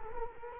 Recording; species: mosquito wingbeat signal from an infrared sensor; Culex quinquefasciatus